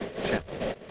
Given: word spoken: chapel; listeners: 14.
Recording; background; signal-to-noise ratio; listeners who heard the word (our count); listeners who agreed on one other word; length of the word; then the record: one English word in noise, from a listening test; noise modulated by three-talker babble; -5.2 dB; 3 of 14; 6 of 14; 0.51 s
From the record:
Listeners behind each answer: 6, 3, 2, 2, 1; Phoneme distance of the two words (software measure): 7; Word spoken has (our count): 2 syllables, 4 phonemes, stress on syllable 1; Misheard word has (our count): 1 syllable, 3 phonemes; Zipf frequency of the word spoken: 4.06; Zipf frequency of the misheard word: 4.29